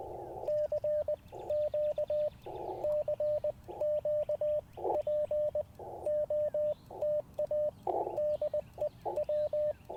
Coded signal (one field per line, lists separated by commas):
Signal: Morse code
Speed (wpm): 20 wpm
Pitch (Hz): 600 Hz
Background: radio noise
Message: CQ CQ POTA DE W